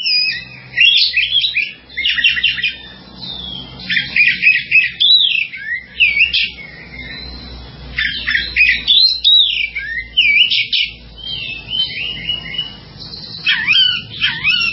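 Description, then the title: Java sparrow song: repeated bursts of rapid high chirps and slurred whistles separated by brief pauses, with a faint low rumble throughout. "kicau gelatik"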